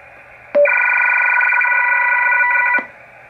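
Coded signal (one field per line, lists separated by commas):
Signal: HF data modem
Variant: Motorola Micom selcall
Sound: short low tone, then a two-second buzzy chord of several tones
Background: radio hiss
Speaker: that's basically the cell call like I said if there is another station it will uh answer either automatically or uh if the user is present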